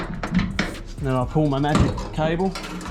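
The bonnet of a VW Beetle is shut onto a newly fitted catch from a bonnet release kit on the front panel, with a few light knocks leading up to a sharp latching clack at 0.6 s. The latch engages and locks shut, and someone talks afterward.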